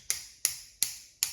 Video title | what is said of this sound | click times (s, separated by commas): Gritin Selfie Stick Tripod - REVIEW AND DEMONSTRATION of AMAZON'S CHOICE - All you need before u Buy | you can hear that clicking in place so it's a really solid mechanism | 0.1 s, 0.5 s, 0.8 s, 1.2 s